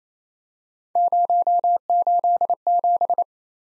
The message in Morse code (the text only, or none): 087